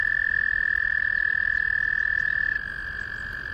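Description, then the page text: American toad giving a long, steady, musical trill at one even pitch, holding for about two and a half seconds, then continuing more softly to the end. In Maryland. "American Toad by Bernard Foy via iNaturalist"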